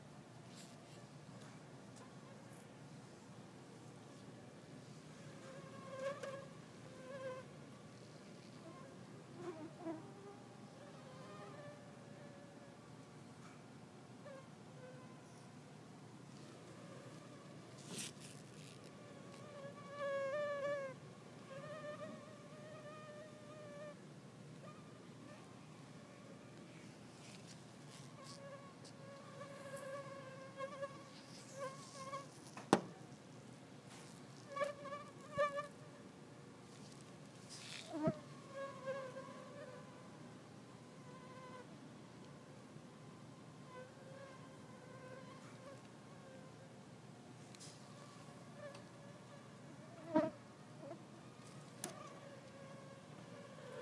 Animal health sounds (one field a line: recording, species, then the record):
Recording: mosquito flight sound by mobile phone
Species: Culex pipiens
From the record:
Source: SanMateoVCD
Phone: iPhone 4S